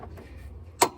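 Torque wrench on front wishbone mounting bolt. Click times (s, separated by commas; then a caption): 0.8 s. A torque wrench tightens a front wishbone mounting bolt on a 2010 Ford Focus MK2 over a low steady hum. There is a faint tick near 0.2 s, then a sharp, bright click at 0.8 s as the wrench reaches its set torque. The bolt is now tight.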